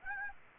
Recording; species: mosquito wingbeat signal from an infrared sensor; Aedes aegypti